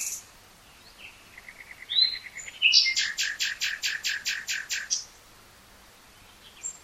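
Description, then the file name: Common nightingale song: soft low notes building to a loud series of many sharp repeated notes. "Luscinia megarhynchos"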